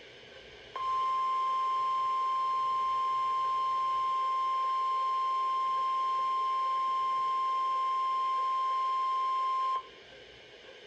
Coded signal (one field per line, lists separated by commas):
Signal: Emergency Alert System (SAME) tones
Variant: 1050 Hz attention tone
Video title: EAS alerts from 10/25 compilation 7 (EAS #78-90)